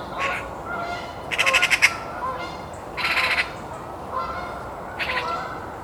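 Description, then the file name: Eurasian magpie chattering in three harsh rattling bursts, the first longest, with a few single harsh notes. "Pica pica"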